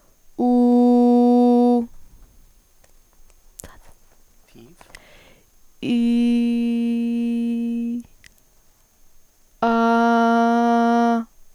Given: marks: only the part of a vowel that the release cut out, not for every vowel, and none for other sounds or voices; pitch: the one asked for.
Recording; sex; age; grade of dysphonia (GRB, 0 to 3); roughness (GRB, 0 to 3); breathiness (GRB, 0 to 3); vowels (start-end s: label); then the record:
sustained vowels; female; 18 to 19 years; 0; 0; 0
0.54-1.73 s: vowel /u/, high pitch
6.05-7.86 s: vowel /i/, low pitch
9.79-11.09 s: vowel /a/, low pitch
From the record:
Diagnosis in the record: healthy voice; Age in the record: 19 years